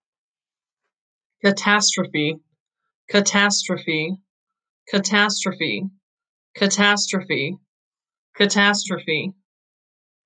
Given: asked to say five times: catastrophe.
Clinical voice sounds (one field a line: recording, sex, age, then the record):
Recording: repeated word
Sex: female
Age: 30 to 39 years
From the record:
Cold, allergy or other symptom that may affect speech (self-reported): no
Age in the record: 37 years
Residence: Wisconsin, United States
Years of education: 14